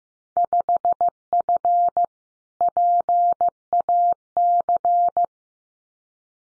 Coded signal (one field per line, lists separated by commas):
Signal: Morse code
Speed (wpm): 15 wpm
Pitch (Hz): 700 Hz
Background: none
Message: 5F PAC